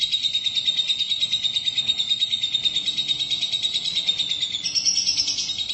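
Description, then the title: Lovebird song: a steady, fast buzzy trill with a thin sustained tone, briefly jumping higher near the end. "Suara Burung Lovebird"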